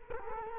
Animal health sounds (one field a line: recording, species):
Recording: mosquito wingbeat signal from an infrared sensor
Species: Culex quinquefasciatus